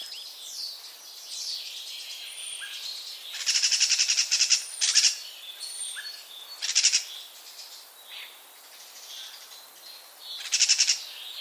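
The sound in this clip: Common starling calls, harsh pulsed rattling bursts around four, seven and eleven seconds, separated by thin whistles and soft chatter.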